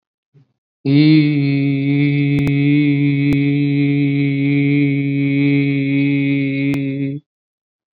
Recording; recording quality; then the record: sustained vowel as in beet; excellent, no background noise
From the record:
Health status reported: COVID-19 positive, mild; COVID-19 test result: positive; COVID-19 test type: rapid antigen test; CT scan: not taken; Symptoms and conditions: cough, another respiratory illness, hypertension, diabetes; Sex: male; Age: 60 years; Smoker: no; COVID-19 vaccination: none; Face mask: worn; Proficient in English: yes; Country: India